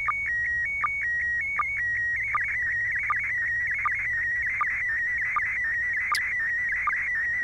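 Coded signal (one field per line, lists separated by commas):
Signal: SSTV (slow-scan television)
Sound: warbling, chirping tone around 2 kHz with a regular click-like blip every three-quarters second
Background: low hum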